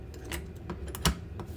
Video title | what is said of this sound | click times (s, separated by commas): How to clean your PS3 controller | And you'll hear a little snap. | 1.1 s